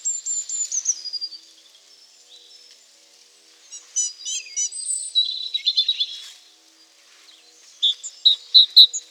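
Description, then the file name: Great tit calls: thin high whistles at first, then a scatter of buzzy chips, ending with a run of sharp, evenly spaced notes. No other sounds stand out. "Parus major"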